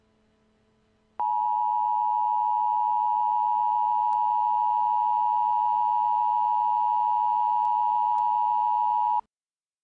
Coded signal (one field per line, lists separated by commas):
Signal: Emergency Alert System (SAME) tones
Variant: 853 and 960 Hz attention tone